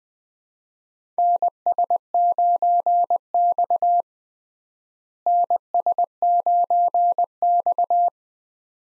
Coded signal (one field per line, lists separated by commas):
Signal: Morse code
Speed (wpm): 21 wpm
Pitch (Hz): 700 Hz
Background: none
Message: NS9X NS9X